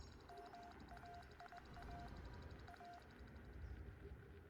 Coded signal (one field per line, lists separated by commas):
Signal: Morse code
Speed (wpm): 20 wpm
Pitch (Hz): 700 Hz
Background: none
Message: MAIA A